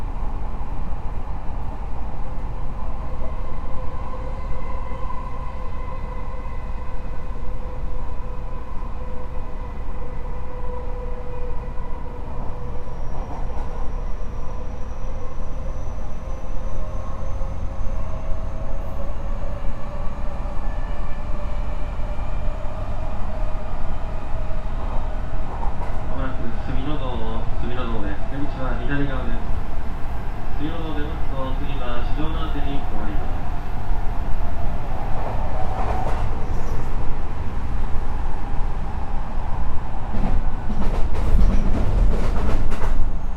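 Running sound from inside a 207 series train on a rapid service: a steady low rumble with a motor whine that slides slowly downward over the first twenty seconds. Around 26–35 seconds, a wavering tone and faint voices appear, and the rumble grows louder toward the end.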